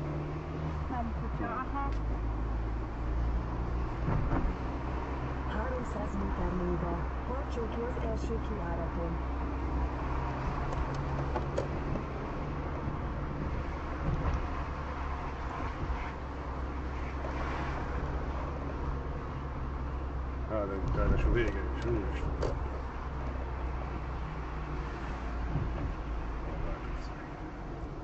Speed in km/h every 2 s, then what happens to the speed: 33, 38, 41, 39, 39, 44, 46, 41, 43, 40, 41, 38, 33, 30.
0-4 speeds up to 41. 8-12 speeds up to 46. 12-28 slows to 30.